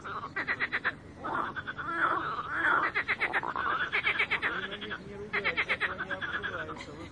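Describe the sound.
Frog chorus of rapid, rattling pulse trains that overlap almost continuously, with lower croaks underneath.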